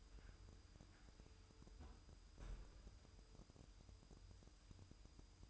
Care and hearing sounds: daily activity, microphone in the room; close fridge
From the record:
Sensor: 2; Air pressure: 988.3 hPa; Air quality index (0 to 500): 192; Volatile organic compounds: 194 ppm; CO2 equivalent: 4194 ppm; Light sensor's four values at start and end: 21/71/28/26 and 21/71/28/26

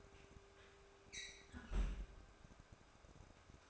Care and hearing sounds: daily activity, microphone in the room; close fridge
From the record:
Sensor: 2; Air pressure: 1004.5 hPa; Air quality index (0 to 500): 185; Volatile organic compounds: 10 ppm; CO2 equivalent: 2220 ppm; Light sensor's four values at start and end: 4/11/4/4 and 4/11/4/4

